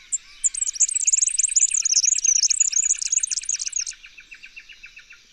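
Red-backed fairywren song: a few sharp lead-in notes, then a very high, fast reeling trill for about three and a half seconds over a lower, steady pulsing trill that continues afterwards.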